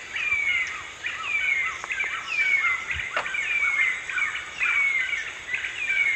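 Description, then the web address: Yellow-billed nunbird song of falling whistled notes repeated about every second, accompanied by steady insect hum and a brief click. Song recorded in the eastern lowlands of South America. "Natures Songs S America Eastern Lowlands Monasa flavirostris, song"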